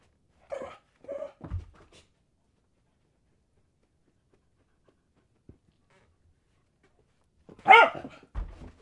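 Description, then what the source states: Dog barking in short bursts, a few sharp barks near the start, then a quiet gap of several seconds before more loud barks at the end. Dog barking while playing fetch.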